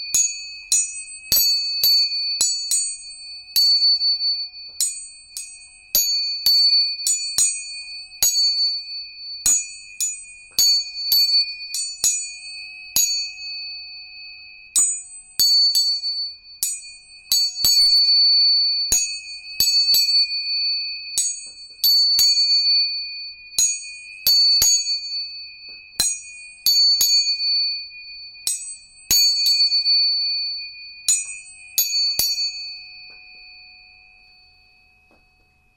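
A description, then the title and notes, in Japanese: Tuning forks are struck again and again, each tap a sharp bright metallic click that rings into a steady, pure high tone. A second, higher tone sits above it. Strikes come in irregular clusters about once a second. 音叉チューニング3本。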